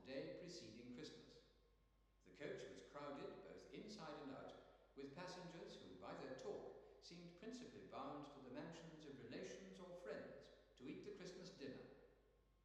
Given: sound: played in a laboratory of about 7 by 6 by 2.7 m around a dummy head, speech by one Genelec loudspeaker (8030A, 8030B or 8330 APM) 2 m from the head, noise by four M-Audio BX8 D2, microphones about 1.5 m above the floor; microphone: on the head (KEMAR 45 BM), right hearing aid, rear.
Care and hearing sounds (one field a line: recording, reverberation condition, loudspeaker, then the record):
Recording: male speech in English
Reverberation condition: high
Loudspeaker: 150 degrees to the right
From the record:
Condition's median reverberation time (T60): about 1300 ms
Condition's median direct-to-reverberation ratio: about -4.0 dB